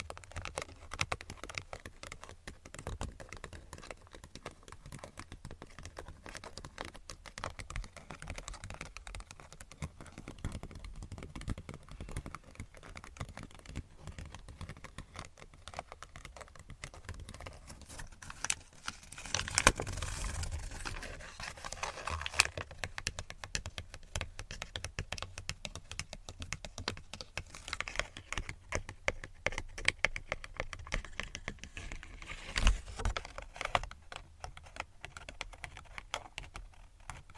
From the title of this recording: Tapping & Scratching